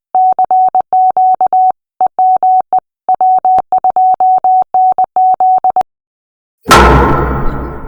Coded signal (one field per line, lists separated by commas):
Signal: Morse code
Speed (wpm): 20 wpm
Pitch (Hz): 750 Hz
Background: none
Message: CQ EME W2NZ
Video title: Part 2 - Ria Jairam, N2RJ YLs, SDR & Setting Up A World Class Station